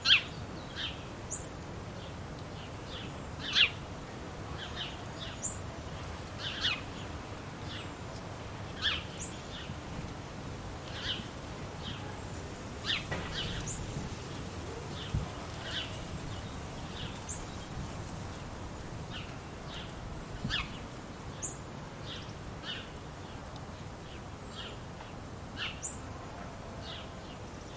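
Birds call over a quiet town during lockdown, with a short high whistled note repeating about every four seconds and scattered chirps in between. A soft low rumble fills the background, steady, with no traffic or voices standing out.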